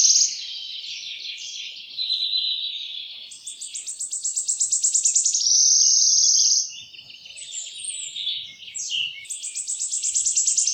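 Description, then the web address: Wood warbler song: stuttered notes run into shivering trills, repeated a few times. "geluiden fluiter. zang"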